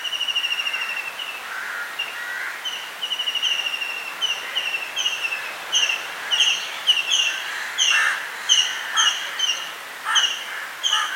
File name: white breasted kingfisher